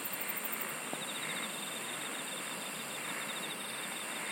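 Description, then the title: Insect song of fast, even pulses forming a continuous high trill, with a brief shriller buzzing burst at the start, all above a steady background hiss. "SINGING OF INSECTS"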